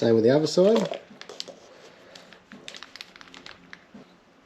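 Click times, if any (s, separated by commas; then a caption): none. Someone talks briefly at the start, then a second terminal is handled against the other side of a plastic Anderson plug housing, using a screwdriver to push it in. Only faint crinkling, tapping handling noises follow. Nothing has seated or clicked yet.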